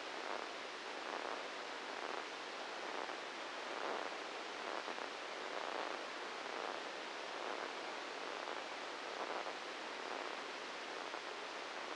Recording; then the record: brain microelectrode recording played as sound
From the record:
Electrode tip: inside the subthalamic nucleus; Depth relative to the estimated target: 0 mm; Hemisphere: right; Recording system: NeuroSet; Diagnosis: Parkinson's disease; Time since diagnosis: 8 years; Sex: male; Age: 59 years